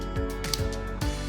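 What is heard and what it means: A blue wiring harness connector from a Kia remote start kit is pushed into its matching blue vehicle wiring connector over background music. It seats with a sharp click at 0.5 s.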